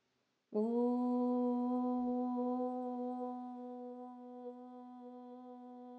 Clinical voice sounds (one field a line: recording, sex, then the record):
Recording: sustained vowel /u/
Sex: female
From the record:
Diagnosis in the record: healthy control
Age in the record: 61 years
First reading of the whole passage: 67 s, 7.7 characters per second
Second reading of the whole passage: 54 s, 9.6 characters per second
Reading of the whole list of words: 44 s, 6.4 characters per second